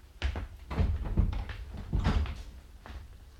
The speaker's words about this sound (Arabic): استني انتي انا هفتح له الباب.